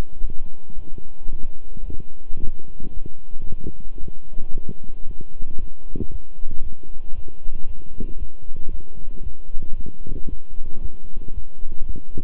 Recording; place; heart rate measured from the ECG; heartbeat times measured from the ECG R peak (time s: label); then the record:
heart sounds by stethoscope; between the tricuspid and mitral areas; 113 bpm
0.20 s: heartbeat
0.74 s: heartbeat
1.29 s: heartbeat
1.84 s: heartbeat
2.38 s: heartbeat
2.92 s: heartbeat
3.46 s: heartbeat
3.99 s: heartbeat
4.52 s: heartbeat
5.05 s: heartbeat
5.57 s: heartbeat
6.10 s: heartbeat
6.61 s: heartbeat
7.13 s: heartbeat
7.65 s: heartbeat
8.17 s: heartbeat
8.69 s: heartbeat
9.22 s: heartbeat
9.75 s: heartbeat
10.27 s: heartbeat
10.80 s: heartbeat
11.33 s: heartbeat
11.85 s: heartbeat
From the record:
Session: walking at 3.7 km/h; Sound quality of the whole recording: good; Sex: male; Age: 26 years